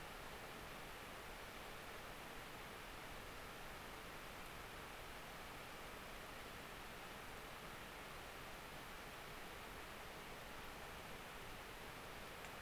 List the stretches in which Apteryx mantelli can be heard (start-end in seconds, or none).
none